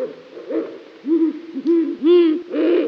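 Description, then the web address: Ural owl giving several deep, short hooting notes, the later hoots louder and slightly rough. Recorded in Slovenia. "Strix uralensis"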